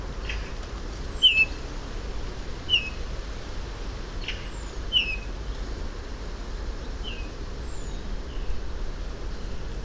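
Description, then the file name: Eurasian bullfinch with short, soft, falling whistled notes, about five spread irregularly throughout, some fainter than others, above a constant low background hum. "Pyrrhula pyrrhula"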